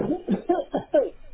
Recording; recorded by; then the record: voluntary cough; telephone call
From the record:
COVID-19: positive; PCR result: checked with the laboratory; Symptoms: no